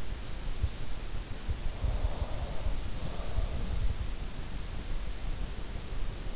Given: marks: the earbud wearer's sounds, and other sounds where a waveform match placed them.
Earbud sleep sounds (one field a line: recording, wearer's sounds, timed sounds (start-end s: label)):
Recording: sounds in sleep by an in-ear microphone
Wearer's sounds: breath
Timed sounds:
1.72-5.41 s: breath